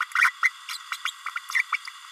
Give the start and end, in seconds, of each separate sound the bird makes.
0.00-0.04, 0.15-0.31, 0.43-0.50, 0.69-0.78, 0.92-0.97, 1.05-1.11, 1.25-1.30, 1.35-1.40, 1.50-1.63, 1.72-1.76